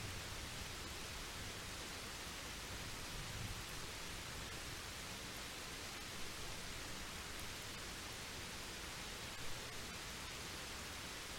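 Thunderstorm rain falls as a steady, dense hiss that covers everything from low rumble to bright top, holding an even level throughout. A few faint ticks of drops stand out now and then, around the middle and near the end.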